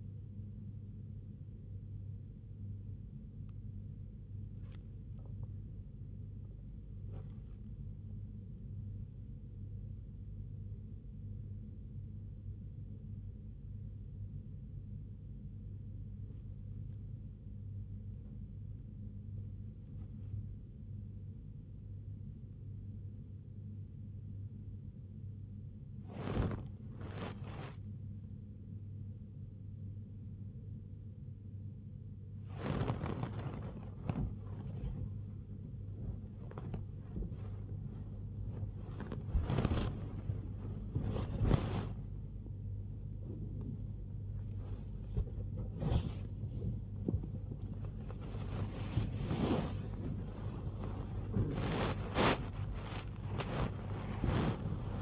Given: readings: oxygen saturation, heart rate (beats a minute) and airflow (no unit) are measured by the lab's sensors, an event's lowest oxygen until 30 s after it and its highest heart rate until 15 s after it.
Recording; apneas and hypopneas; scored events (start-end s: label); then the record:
a person awake in a sleep study, by a smartphone at the bedside; none
0.00-55.01 s: awake
From the record:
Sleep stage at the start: awake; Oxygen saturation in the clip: 94 to 95%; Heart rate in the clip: 80 to 98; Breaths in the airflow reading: 16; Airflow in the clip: -4.5 to 4.3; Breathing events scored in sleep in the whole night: 158 in 7.3 hours asleep